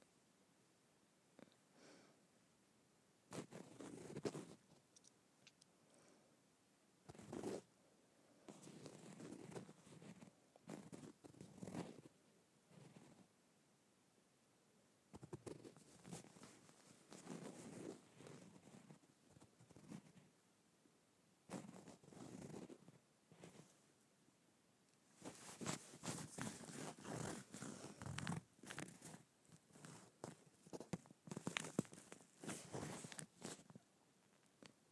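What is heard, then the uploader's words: Leather being scratched in uneven bursts of rough, rasping strokes, separated by short quiet gaps. The scratching starts sparse, grows busier after about 15 seconds, and is densest and loudest from around 25 seconds onward, with sharp, bright clicks mixed into the strokes. ASMR Scratching Leather.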